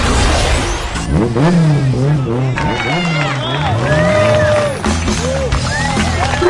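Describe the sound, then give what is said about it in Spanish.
Loud engines rev continuously, their pitch repeatedly climbing and dropping in wavering sweeps, with a bed of crowd noise and voices underneath. “¡Rugir de motores!”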